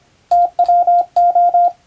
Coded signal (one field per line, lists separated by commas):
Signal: Morse code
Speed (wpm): 25 wpm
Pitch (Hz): 700 Hz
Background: none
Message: TWO